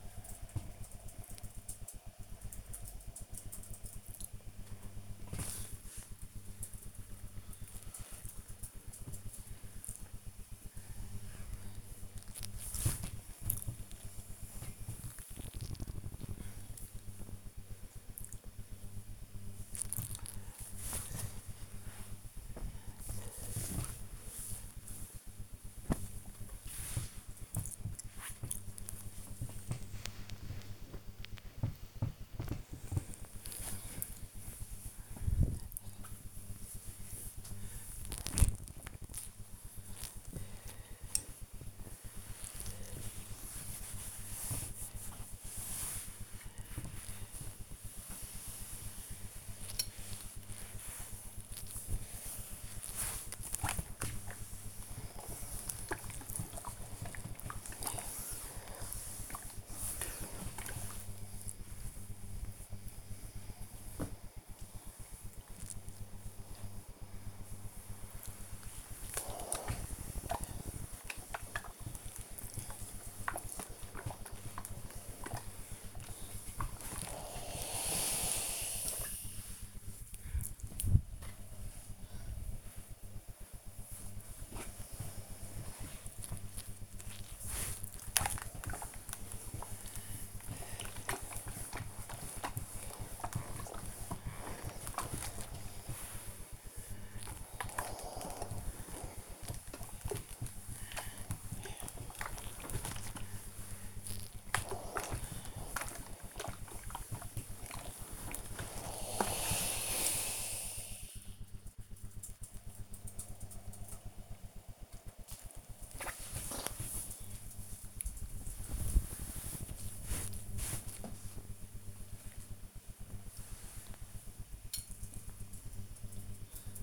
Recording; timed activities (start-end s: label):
household activities, microphone on the right wrist
4.26-25.38 s: folding laundry
27.39-109.92 s: ironing laundry
113.93-126.83 s: folding laundry